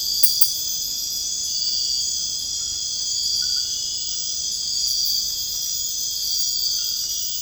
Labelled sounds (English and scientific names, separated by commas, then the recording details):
none
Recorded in dense forest near Puerto Asís, Putumayo, Colombia, on 19 February 2024 at 02:00
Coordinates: 0.485, -76.325
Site G6429